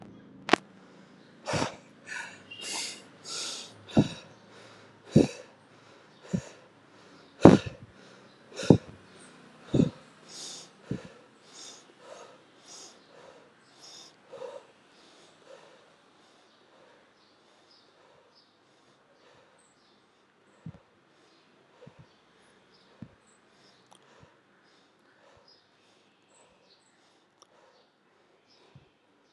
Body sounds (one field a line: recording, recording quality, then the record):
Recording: shallow breathing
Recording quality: excellent, no background noise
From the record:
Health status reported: healthy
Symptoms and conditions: none ticked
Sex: male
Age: 57 years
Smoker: not ticked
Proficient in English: yes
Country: India